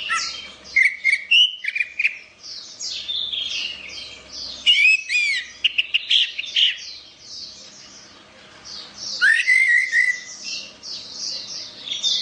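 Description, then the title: Orange-headed thrush sings rich, rapid phrases of sliding whistles and chattery notes, pausing between bursts, with softer repeated high chirps behind. "Anis Merah"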